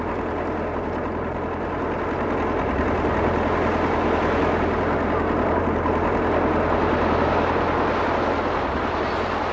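A steady, monotonous drone of a yacht's heavy diesel engines at sea near the equator in stifling heat, with a low rumbling hum and faint rhythmic knocking, continuous and unchanging throughout, with no voices.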